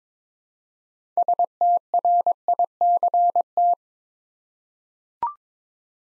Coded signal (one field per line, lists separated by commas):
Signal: Morse code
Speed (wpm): 22 wpm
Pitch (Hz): 700 Hz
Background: none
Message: STRICT